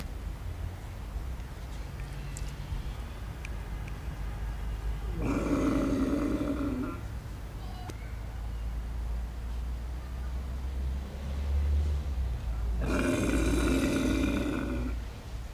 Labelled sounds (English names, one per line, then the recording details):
One-humped Camel call
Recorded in captivity
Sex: female
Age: adult
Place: Zoo Berlin, Berlin, DE
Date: 2008-09-05 18:05
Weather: partly cloudy, ca. 23°C
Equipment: Sony WM-D6C, Sennheiser ME 80, Kopie Uher 4000 Report Monitor
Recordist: Tembrock, Günter
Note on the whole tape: Weibchen (trächtig?): Einzellaute